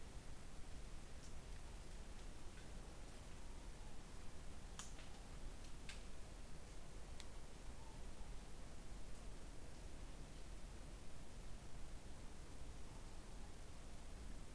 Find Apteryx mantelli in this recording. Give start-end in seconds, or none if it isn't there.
none